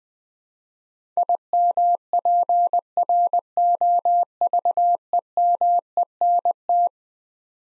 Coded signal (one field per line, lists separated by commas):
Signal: Morse code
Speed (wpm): 21 wpm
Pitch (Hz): 700 Hz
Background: none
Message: IMPROVEMENT